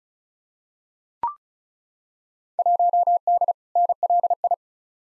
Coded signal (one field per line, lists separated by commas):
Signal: Morse code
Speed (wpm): 36 wpm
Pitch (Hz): 700 Hz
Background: none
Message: 1D NLI